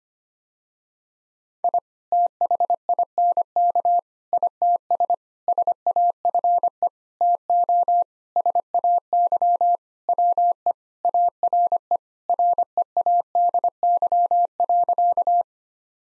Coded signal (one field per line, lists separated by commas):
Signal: Morse code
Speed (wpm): 25 wpm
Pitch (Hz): 700 Hz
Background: none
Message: I THINK ITS SAFE TO SAY WE ARE READY.